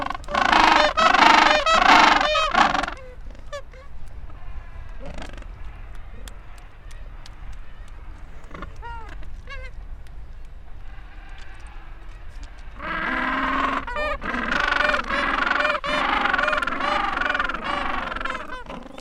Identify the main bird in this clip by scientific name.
Pygoscelis papua